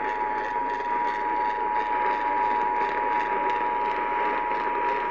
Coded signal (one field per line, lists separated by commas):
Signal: Emergency Alert System (SAME) tones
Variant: 853 and 960 Hz attention tone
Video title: Eas Fwd svr on wbap 820am, KSKY 660am, KLIF 570am Eas#1720- 1722)